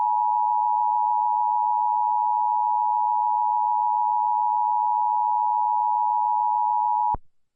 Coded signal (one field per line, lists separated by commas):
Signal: Emergency Alert System (SAME) tones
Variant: 853 and 960 Hz attention tone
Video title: Emergency Alert System - LIAMS RANDOM INTROSPECTIVES (Halloween special)